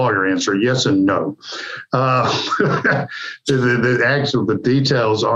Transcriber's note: laughs